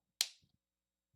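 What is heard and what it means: A lithium-ion battery pack is slid onto the end of the handle of a Hyper Tough 20-Volt Max Lithium-ion cordless drill and pressed down. It latches home with one sharp, bright snap at 0.2 s, followed by a few faint low thumps. The battery is seated.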